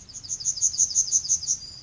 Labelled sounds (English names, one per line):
Yellowhammer song